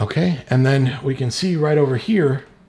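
A 24-pin ATX power cable is being handled at the motherboard power socket, which it goes into until its plastic latch clip catches. Someone talks throughout the clip, and no other distinct sounds stand out. Nothing has seated or clicked yet.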